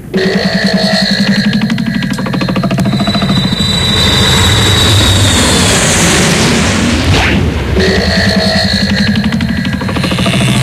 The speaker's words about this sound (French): tu fais chauffer l'avion, s'il te plaît. Ouais, okay, ça roule.